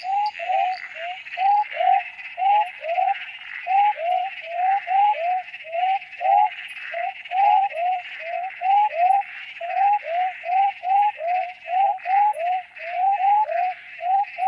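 Frogs calling with many short, quickly repeated notes over a constant higher buzzing chorus.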